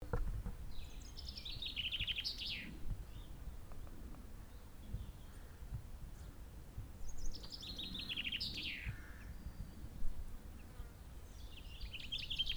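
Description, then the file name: Common chaffinch song, two full phrases about six seconds apart, each a rattling descending trill ending in a flourish, a third beginning at the end, over constant low background rumble. "Fringilla coelebs"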